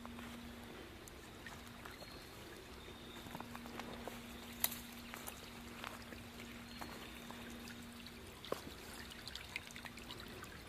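An outdoor walk in autumn, filled with a steady trickle of running water. A low steady hum runs underneath most of the way, and small ticks and splashes come scattered throughout, with a sharper snap near five seconds and another near eight and a half.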